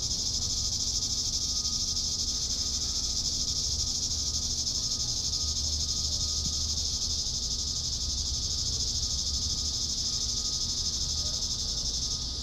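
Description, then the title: Cicadas droning in a steady, unbroken high buzz that holds level for the whole stretch, over a soft low rumble. "neoscenes: cicadas"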